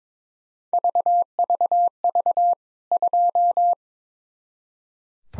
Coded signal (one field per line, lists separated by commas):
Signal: Morse code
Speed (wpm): 22 wpm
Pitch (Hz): 700 Hz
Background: none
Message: VVV 2